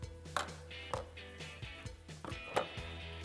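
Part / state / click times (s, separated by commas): PCV hose fitting onto cold air intake tube port / seated / 0.4 s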